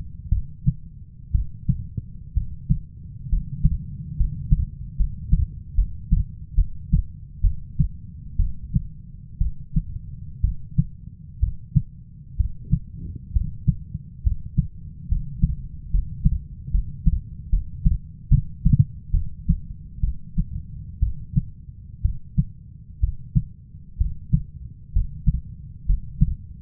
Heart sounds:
heart sounds by stethoscope; 66 bpm
0.29 s: heartbeat
1.32 s: heartbeat
2.34 s: heartbeat
3.29 s: heartbeat
4.17 s: heartbeat
4.97 s: heartbeat
5.75 s: heartbeat
6.55 s: heartbeat
7.41 s: heartbeat
8.37 s: heartbeat
9.38 s: heartbeat
10.41 s: heartbeat
11.40 s: heartbeat
12.37 s: heartbeat
13.33 s: heartbeat
14.23 s: heartbeat
15.08 s: heartbeat
15.91 s: heartbeat
16.71 s: heartbeat
17.50 s: heartbeat
18.28 s: heartbeat
19.11 s: heartbeat
20.01 s: heartbeat
21.00 s: heartbeat
22.02 s: heartbeat
23.00 s: heartbeat
23.98 s: heartbeat
24.93 s: heartbeat
25.86 s: heartbeat
From the record:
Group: healthy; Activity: cold pressor test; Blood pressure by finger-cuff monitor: 140/66 mmHg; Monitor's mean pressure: 89 mmHg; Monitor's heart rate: 63 bpm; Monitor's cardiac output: 6.4 L/min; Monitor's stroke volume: 100 mL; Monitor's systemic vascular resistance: 1010 dyn s/cm5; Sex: female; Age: 37 years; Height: 168 cm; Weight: 70 kg

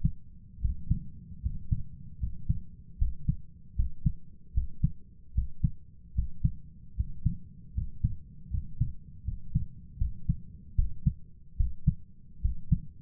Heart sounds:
heart sounds by stethoscope; 76 bpm
0.60 s: heartbeat
1.41 s: heartbeat
2.18 s: heartbeat
2.97 s: heartbeat
3.75 s: heartbeat
4.53 s: heartbeat
5.33 s: heartbeat
6.14 s: heartbeat
6.95 s: heartbeat
7.73 s: heartbeat
8.49 s: heartbeat
9.23 s: heartbeat
9.97 s: heartbeat
10.74 s: heartbeat
11.56 s: heartbeat
12.40 s: heartbeat
From the record:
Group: healthy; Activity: rest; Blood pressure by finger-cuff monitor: 83/56 mmHg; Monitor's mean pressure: 64 mmHg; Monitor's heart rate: 77 bpm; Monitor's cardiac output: 6.4 L/min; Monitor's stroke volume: 85 mL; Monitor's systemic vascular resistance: 710 dyn s/cm5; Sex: male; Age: 23 years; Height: 178 cm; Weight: 96.6 kg

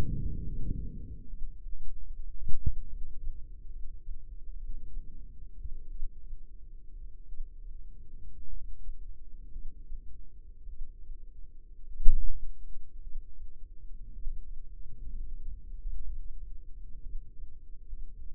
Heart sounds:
heart sounds by microphone in the left ear; 58 bpm
0.44 s: heartbeat
1.28 s: heartbeat
2.05 s: heartbeat
2.88 s: heartbeat
3.70 s: heartbeat
4.56 s: heartbeat
5.90 s: heartbeat
7.28 s: heartbeat
8.48 s: heartbeat
9.52 s: heartbeat
10.68 s: heartbeat
11.87 s: heartbeat
13.02 s: heartbeat
14.13 s: heartbeat
15.08 s: heartbeat
16.05 s: heartbeat
17.02 s: heartbeat
17.88 s: heartbeat
From the record:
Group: healthy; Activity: rest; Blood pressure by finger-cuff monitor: 99/64 mmHg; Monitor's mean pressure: 74 mmHg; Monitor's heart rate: 58 bpm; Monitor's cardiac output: 4.5 L/min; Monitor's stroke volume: 78 mL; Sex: female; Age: 36 years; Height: 163 cm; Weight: 88 kg

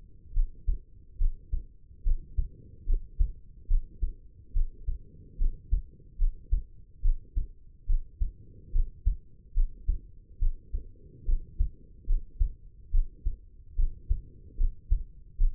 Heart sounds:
heart sounds by stethoscope; 72 bpm
0.33 s: heartbeat
1.18 s: heartbeat
2.03 s: heartbeat
2.86 s: heartbeat
3.68 s: heartbeat
4.53 s: heartbeat
5.38 s: heartbeat
6.18 s: heartbeat
7.02 s: heartbeat
7.86 s: heartbeat
8.72 s: heartbeat
9.54 s: heartbeat
10.39 s: heartbeat
11.25 s: heartbeat
12.06 s: heartbeat
12.91 s: heartbeat
13.76 s: heartbeat
14.57 s: heartbeat
15.37 s: heartbeat
From the record:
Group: healthy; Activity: rest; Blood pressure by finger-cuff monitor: 111/74 mmHg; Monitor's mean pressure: 85 mmHg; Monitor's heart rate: 71 bpm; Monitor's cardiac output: 5.5 L/min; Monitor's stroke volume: 76 mL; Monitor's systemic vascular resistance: 1140 dyn s/cm5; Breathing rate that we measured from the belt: 21 breaths a minute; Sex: female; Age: 22 years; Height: 160 cm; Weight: 45 kg

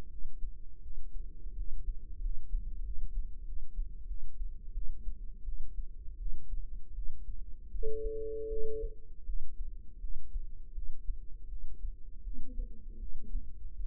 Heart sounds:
heart sounds by microphone in the right ear; 83 bpm
0.08 s: heartbeat
0.81 s: heartbeat
1.54 s: heartbeat
2.20 s: heartbeat
2.82 s: heartbeat
3.44 s: heartbeat
4.06 s: heartbeat
4.73 s: heartbeat
5.44 s: heartbeat
6.17 s: heartbeat
6.94 s: heartbeat
7.70 s: heartbeat
8.48 s: heartbeat
9.25 s: heartbeat
10.00 s: heartbeat
10.73 s: heartbeat
11.48 s: heartbeat
12.22 s: heartbeat
12.98 s: heartbeat
13.75 s: heartbeat
From the record:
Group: healthy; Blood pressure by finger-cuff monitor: 102/63 mmHg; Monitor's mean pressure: 75 mmHg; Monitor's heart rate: 82 bpm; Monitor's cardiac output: 7.3 L/min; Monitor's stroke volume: 82 mL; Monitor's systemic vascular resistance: 730 dyn s/cm5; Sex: female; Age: 19 years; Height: 163 cm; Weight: 48.9 kg

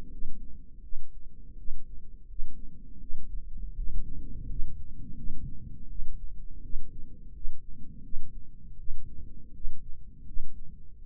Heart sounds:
heart sounds by microphone in the right ear; 82 bpm
0.10 s: heartbeat
0.82 s: heartbeat
1.56 s: heartbeat
2.26 s: heartbeat
2.99 s: heartbeat
3.75 s: heartbeat
4.46 s: heartbeat
5.15 s: heartbeat
5.88 s: heartbeat
6.61 s: heartbeat
7.32 s: heartbeat
8.02 s: heartbeat
8.77 s: heartbeat
9.52 s: heartbeat
10.25 s: heartbeat
11.03 s: heartbeat
From the record:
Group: healthy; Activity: rest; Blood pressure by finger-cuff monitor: 89/59 mmHg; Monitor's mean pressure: 67 mmHg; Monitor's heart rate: 83 bpm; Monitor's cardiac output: 6.3 L/min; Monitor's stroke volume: 76 mL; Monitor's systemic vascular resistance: 760 dyn s/cm5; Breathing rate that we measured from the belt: 24 breaths a minute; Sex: female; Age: 22 years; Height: 163 cm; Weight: 67.1 kg

